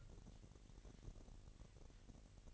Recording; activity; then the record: daily activity, microphone in the room; take from stove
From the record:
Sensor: 4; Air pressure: 1012.8 hPa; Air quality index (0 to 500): 239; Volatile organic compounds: 4 ppm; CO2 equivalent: 1590 ppm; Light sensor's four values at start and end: 27/65/26/25 and 26/62/25/24